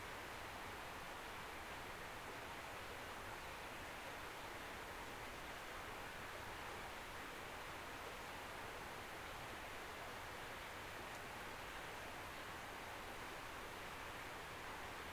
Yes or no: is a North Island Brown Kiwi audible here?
no